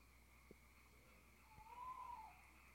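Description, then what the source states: Owl call: one drawn-out, slightly quavering hoot that swells and fades, with a couple of soft clicks and low background hiss. Owls (chouettes) recorded at Ker Anna.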